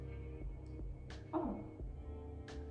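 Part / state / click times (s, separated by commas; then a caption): bearing shield into roller skate wheel bearing / seated / 2.5 s. A small metal shield (washer) is pushed back into a roller skate bearing. Over steady background music, someone talks briefly, and a sharp click at 2.5 s marks the shield snapping back in fairly easily and seating.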